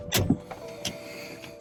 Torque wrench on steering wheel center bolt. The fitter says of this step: we go once you hear that click that's how you know it's in the right position and